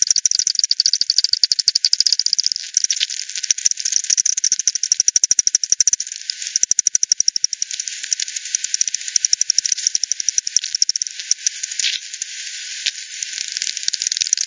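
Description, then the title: Several bats giving quick pulsed clicks in rhythmic runs that overlap, with quieter stretches between the busy trains. Multiple bats at the Hogsmill River, Hogsmill Lane, 7 October 2020 at 18:10; FD10 recording, band-pass filtered and resampled. "WW bat 20201007 T 18 : 10 Z-Hogsmill-Lane-Hogsmill-River-multiple-bats"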